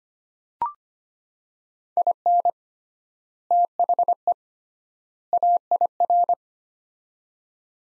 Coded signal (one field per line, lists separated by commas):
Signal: Morse code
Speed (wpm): 25 wpm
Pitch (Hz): 700 Hz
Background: none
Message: IN THE AIR